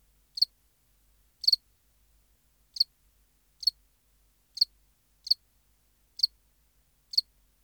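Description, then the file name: House cricket producing isolated high chirps roughly once a second, several doubled, in a silent setting. "Acheta domesticus"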